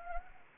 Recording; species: mosquito wingbeat signal from an infrared sensor; Anopheles gambiae